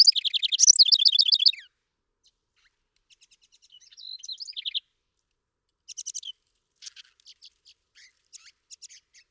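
House wren song opens with a loud bubbling trill burst, followed by quieter fragments, faint short phrases and scattered soft chip notes.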